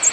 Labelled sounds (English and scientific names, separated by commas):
American Redstart (Setophaga ruticilla) flight call